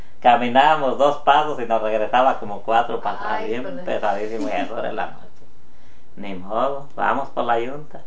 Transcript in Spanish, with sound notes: Caminábamos dos pasos y nos regresaba como cuatro pa atrás, bien pesadísimo.
¡Ay, híjole! (risas)
Y a eso de la noche. “Ni modo, vamos por la yunta”.